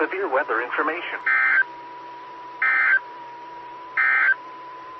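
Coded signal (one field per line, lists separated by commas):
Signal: Emergency Alert System (SAME) tones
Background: speech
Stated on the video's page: Morse ident of a SKYWARN repeater system on 147.1200 and 146.8050 MHz.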